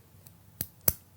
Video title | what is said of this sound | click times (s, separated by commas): Bowmar Beast Broadheads | gloves press on the outside here until I hear them click | 0.9 s